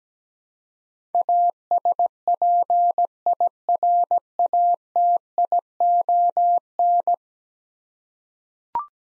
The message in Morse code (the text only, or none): ASPIRATION